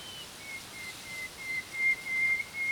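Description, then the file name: Common nightingale song: a series of drawn-out, high pure whistles repeated about every third of a second, growing gradually louder, over a soft hiss. "Luscinia megarhynchos"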